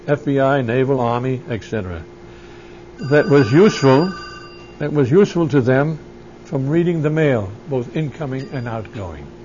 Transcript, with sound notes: FBI, naval, army, etc. That was useful. ( a telephone rings ) It was useful to them from reading the mail, both incoming and outgoing.